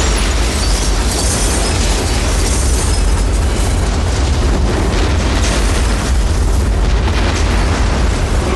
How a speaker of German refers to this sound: Hinter ihr löste die detonierende Granate einen chemischen Feuersturm aus